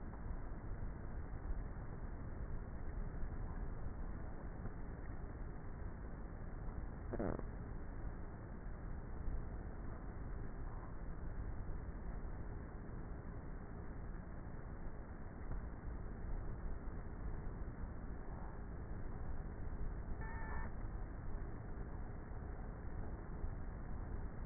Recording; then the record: honeybee colony, microphone inside the hive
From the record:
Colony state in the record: queenless with a low population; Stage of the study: before two queens were removed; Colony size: about 30,000 bees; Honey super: no